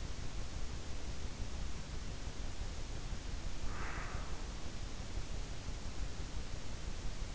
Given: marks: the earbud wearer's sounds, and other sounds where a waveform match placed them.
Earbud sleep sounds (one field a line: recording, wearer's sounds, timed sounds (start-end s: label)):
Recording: sounds in sleep by an in-ear microphone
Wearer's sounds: breath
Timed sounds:
3.66-4.37 s: breath